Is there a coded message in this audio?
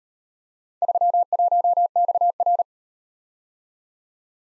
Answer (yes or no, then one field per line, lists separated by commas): yes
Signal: Morse code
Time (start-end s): 0.8-2.6 s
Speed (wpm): 37 wpm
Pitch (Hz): 700 Hz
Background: none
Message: 31XR